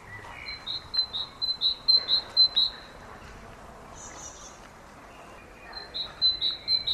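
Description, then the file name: Great tit calls: a rapid series of high, clipped notes, pausing midway for a brief higher squeak, then resuming the same repeated pattern. "Parus major"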